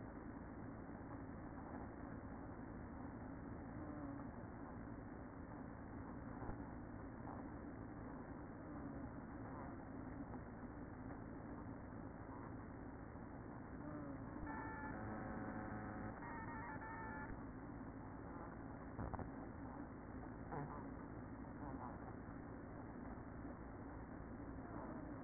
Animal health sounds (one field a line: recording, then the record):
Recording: honeybee colony, microphone inside the hive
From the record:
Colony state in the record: queen present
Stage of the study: after two queens were removed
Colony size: about 60,000 bees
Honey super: yes